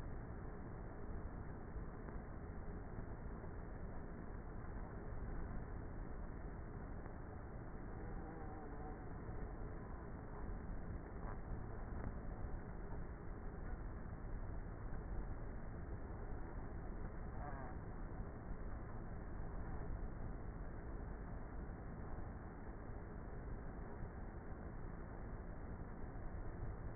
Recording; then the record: honeybee colony, microphone inside the hive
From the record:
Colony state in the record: queenless with a low population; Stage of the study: before two queens were removed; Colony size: about 30,000 bees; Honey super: no